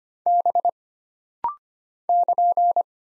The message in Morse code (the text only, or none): B <KN>